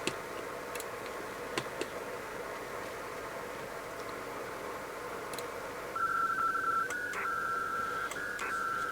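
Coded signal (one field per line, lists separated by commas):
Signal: HF data modem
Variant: PACTOR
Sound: static, then a rapid chirping two-tone warble near 1.4 kHz with brief pauses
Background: radio static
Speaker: okay it's connected as you can see it's back to the cw id here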